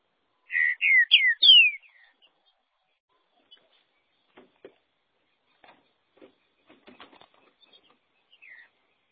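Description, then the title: Green-winged saltator singing one brief phrase of three or four loud, down-slurred whistles near the start, followed by quiet clicking and a faint closing note. "Trinca Ferro"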